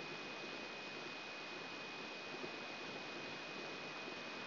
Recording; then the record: brain microelectrode recording played as sound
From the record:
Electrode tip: inside the subthalamic nucleus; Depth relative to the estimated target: -2 mm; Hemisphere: left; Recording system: AlphaMap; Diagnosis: Parkinson's disease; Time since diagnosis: 7 years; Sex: female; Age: 56 years